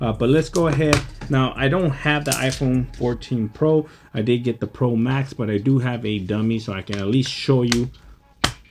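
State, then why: Seated. A dummy iPhone 14 Pro is pressed into a Speck Presidio 2 Pro protective plastic and rubber case while someone talks. A single sharp click at 8.5 s marks the phone snapping snugly into place, fully seated.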